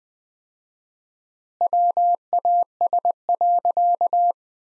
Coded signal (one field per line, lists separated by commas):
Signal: Morse code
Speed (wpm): 21 wpm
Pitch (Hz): 700 Hz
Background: none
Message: WAS.